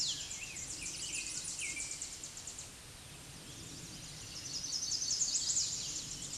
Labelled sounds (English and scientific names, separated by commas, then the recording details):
Tennessee Warbler (Leiothlypis peregrina) song
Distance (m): 45 m
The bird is about 15 m above the microphone
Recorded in a Pennsylvania forest on 16 May 2024 at 06:50
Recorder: AudioMoth, point MSD-1679
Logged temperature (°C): 16.1 °C
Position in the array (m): 81 m, 169 m